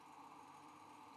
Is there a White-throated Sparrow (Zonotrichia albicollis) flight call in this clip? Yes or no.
no